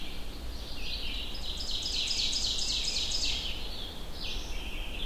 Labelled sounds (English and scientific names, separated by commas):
Ovenbird (Seiurus aurocapilla) song